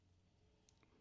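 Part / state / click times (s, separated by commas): horned helmet accessory onto action figure head / not seated / none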